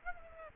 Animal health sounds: mosquito wingbeat signal from an infrared sensor; Aedes aegypti

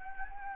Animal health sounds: mosquito wingbeat signal from an infrared sensor; Anopheles gambiae

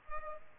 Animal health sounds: mosquito wingbeat signal from an infrared sensor; Culex pipiens

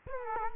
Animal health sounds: mosquito wingbeat signal from an infrared sensor; Culex quinquefasciatus

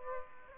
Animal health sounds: mosquito wingbeat signal from an infrared sensor; Aedes aegypti

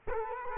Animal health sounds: mosquito wingbeat signal from an infrared sensor; Culex quinquefasciatus

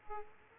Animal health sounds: mosquito wingbeat signal from an infrared sensor; Aedes aegypti

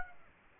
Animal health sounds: mosquito wingbeat signal from an infrared sensor; Aedes aegypti

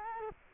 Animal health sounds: mosquito wingbeat signal from an infrared sensor; Culex quinquefasciatus

